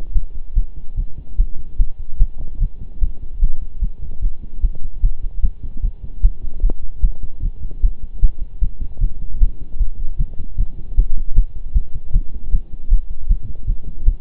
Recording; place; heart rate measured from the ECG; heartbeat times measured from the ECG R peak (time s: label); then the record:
heart sounds by stethoscope; between the tricuspid and mitral areas; 151 bpm
0.15 s: heartbeat
0.56 s: heartbeat
0.97 s: heartbeat
1.38 s: heartbeat
1.79 s: heartbeat
2.19 s: heartbeat
2.60 s: heartbeat
3.01 s: heartbeat
3.41 s: heartbeat
3.82 s: heartbeat
4.22 s: heartbeat
4.63 s: heartbeat
5.03 s: heartbeat
5.43 s: heartbeat
5.82 s: heartbeat
6.23 s: heartbeat
6.63 s: heartbeat
7.03 s: heartbeat
7.42 s: heartbeat
7.82 s: heartbeat
8.22 s: heartbeat
8.61 s: heartbeat
9.01 s: heartbeat
9.41 s: heartbeat
9.80 s: heartbeat
10.19 s: heartbeat
10.58 s: heartbeat
10.97 s: heartbeat
11.36 s: heartbeat
11.75 s: heartbeat
12.14 s: heartbeat
12.52 s: heartbeat
12.91 s: heartbeat
13.29 s: heartbeat
13.67 s: heartbeat
14.06 s: heartbeat
From the record:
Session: pedaling a stationary bicycle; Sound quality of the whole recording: partially saturated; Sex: male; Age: 23 years